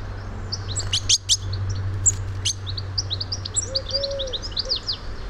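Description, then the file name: European goldfinch calls: bright high twittering chirps scattered throughout, with a few sharper notes early on and a soft low tone near the end. "Carduelis carduelis"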